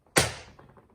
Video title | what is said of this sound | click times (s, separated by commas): Burton Step On Bindings and Boot, First impressions, mounting and setup | Everything's locked. | 0.2 s